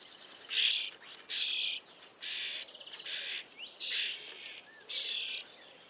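Eurasian starling giving harsh, rasping calls, about six broad bursts in quick uneven succession.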